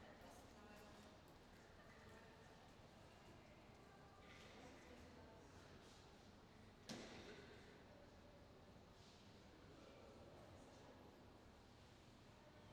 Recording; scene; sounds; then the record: everyday scene through a hearing-aid microphone; reverberant space; background noise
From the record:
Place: railway station hall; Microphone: in the ear canal, left